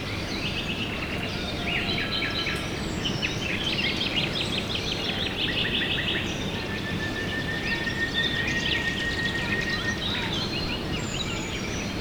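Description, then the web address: Several birds chirping and trilling at once, with one long thin whistled note midway, all over constant low-pitched background hiss and rumble. Recorded at dawn, 5 a.m. "poloska hajnal 5 ora madarak skalapotamia"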